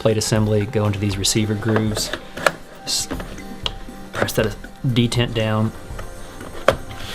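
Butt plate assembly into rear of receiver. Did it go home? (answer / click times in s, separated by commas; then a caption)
yes / 6.7 s. A butt plate assembly from a CZ Scorpion bullpup kit slides its grooves into the receiver grooves at the rear of the receiver while the spring detent is pressed down, and someone talks over music. It is pushed in until it locks with a sharp click at 6.7 s, seating it in place.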